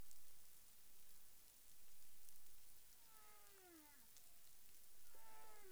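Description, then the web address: Humpback whale vocal units: two harmonic, descending moans about two seconds apart, the second with a brief tonal whistle, against constant hissing water noise. Recorded 30 January 2021 at 12:42:58 UTC. "CARIMAM clean data humpback whale"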